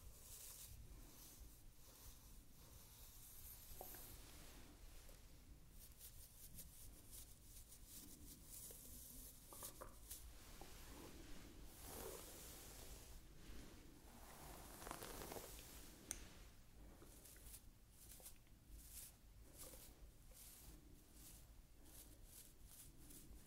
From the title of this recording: ASMR Playing with Your Hair